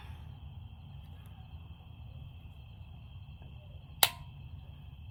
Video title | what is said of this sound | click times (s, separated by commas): Glock 26 5th generation ￼￼ magazine, pinky extension install ￼ | it once you hear that click | 4.0 s